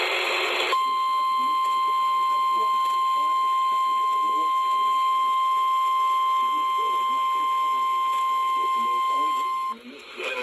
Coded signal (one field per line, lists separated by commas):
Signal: Emergency Alert System (SAME) tones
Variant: 1050 Hz attention tone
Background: speech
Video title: Severe Thunderstorm Warning On Multiple Stations on 106.3,98.3,KUAO,103.9 And KEC78 EAS#540-544